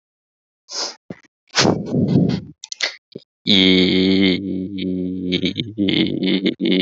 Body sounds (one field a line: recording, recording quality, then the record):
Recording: sustained vowel as in beet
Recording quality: moderate, slight background noise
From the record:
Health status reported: healthy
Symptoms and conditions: fever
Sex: male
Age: 27 years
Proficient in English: yes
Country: India